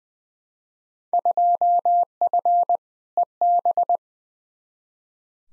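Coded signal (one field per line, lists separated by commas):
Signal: Morse code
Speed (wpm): 20 wpm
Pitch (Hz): 700 Hz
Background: none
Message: 2F EB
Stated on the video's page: Randomly selected Field Day exchanges sent in Morse at 20 wpm as head-copy practice, each sent, spoken, then sent again.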